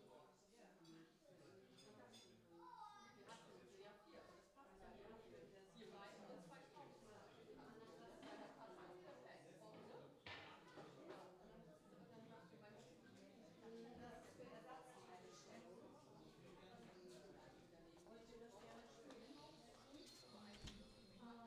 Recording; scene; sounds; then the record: everyday scene through a hearing-aid microphone; many people talking; many voices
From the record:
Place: parish hall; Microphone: in the ear canal, left